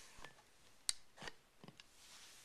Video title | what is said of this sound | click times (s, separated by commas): Winchester M1911 BB Gun Review and Shooting | locks in place just like that | 0.9 s